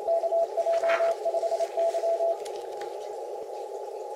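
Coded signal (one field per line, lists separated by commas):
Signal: Morse code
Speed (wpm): 28 wpm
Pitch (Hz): 670 Hz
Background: radio noise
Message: KJ5Y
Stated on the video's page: Morse heard during the CQ Worldwide DX CW contest on an Icom IC-7300 with a Chameleon MPAS antenna.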